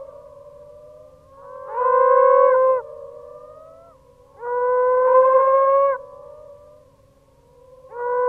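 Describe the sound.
Moaning frog calls: drawn-out, tonal, harmonic moans repeated about every three seconds, each swelling and holding for over a second, over a steady background drone.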